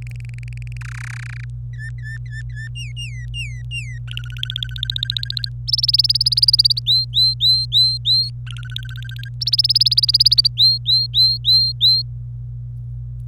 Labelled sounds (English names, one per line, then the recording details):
Domestic Canary song
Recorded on 25 April 2018 at 14:19
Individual llb3